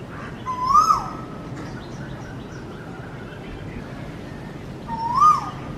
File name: Koel bird singing sound